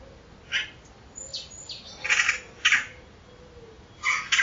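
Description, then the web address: Bird producing several short, scratchy calls at irregular intervals, some paired, with faint high chirps in between. Call class labelled "Pi Pi Pi Pi" in a 2025 bird-only dataset. "Bird Only More Classes Pi Pi Pi Pi"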